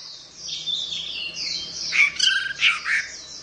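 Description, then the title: Orange-headed thrush giving a short burst of high, slurred warbling notes that grow louder and choppier toward the end, above a quiet hum. "Anis Merah"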